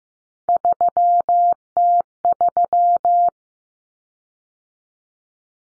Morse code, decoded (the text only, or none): 3T3